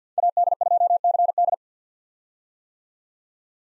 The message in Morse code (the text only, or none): AD2CD